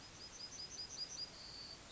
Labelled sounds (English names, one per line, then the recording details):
Yellowhammer song
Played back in forest
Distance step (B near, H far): G
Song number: 102